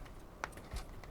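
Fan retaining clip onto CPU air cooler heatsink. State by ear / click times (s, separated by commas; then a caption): seated / 0.4 s. A wire bracket tab on the fan's retaining clip is pulled back over the CPU air cooler heatsink until it locks. It gives a sharp click at 0.4 s, followed by a fainter tick near 1.0 s. The fan clip is seated and locked in place.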